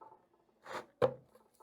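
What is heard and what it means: A rubber fuel line grommet is pushed by hand into its hole in the plastic fuel tank of an Echo PB-265LN backpack blower. A soft rustling push from about 0.6 to 0.9 s is followed by a sharp pop at 1.0 s as the grommet seats into place.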